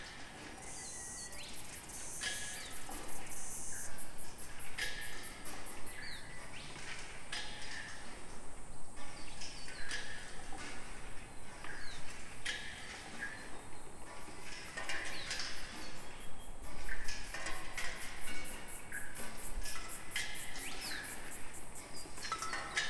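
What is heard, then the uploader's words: Water drips from farmhouse gutters after a storm, with irregular taps and splashes falling several times a second, some sharper and brighter than others. A fast, high-pitched pulsing chirr runs steadily underneath, over a soft low hiss that holds throughout. Water dripping from the gutters of a remote farmhouse outbuilding after a passing storm at 3am.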